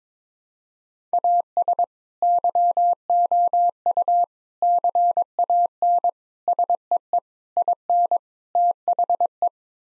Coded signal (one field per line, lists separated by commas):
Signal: Morse code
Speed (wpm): 21 wpm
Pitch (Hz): 700 Hz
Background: none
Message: AS YOU CAN SEE IN THE